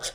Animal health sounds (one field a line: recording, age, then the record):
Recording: pig call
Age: piglet (1 to 25 days)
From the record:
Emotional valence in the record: negative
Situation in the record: short isolation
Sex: male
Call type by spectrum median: high-frequency call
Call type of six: low-frequency tonal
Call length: 0.15 s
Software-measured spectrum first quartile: 2144 Hz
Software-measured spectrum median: 4645 Hz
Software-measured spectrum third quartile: 6674 Hz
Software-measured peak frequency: 5827 Hz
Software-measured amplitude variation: 171 dB a second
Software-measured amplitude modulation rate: 3.3 a second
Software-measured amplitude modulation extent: 51.1 dB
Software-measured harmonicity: -2.2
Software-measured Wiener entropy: -1.31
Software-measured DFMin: 893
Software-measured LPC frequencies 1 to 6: 622, 1537, 2184, 3324, 3707, 4947 Hz